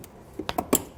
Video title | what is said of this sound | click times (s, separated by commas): etrailer - Curt T-Connector Vehicle Wiring Harness Installation - 2022 Kia Telluride CU94FR | we should hear it click once it's locked into place but now that we have them plugged in we're going to go ahead | 0.5 s